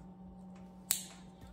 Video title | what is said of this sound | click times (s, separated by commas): 2009-2024 Toyota Corolla 1.8 LITER, 1.8L, 2ZR-FE, Spark Plug Replacement tips | Now, one of the key ways of knowing that the clip is properly attached is to listen for the click sound. | 0.9 s